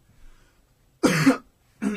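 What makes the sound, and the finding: Cough.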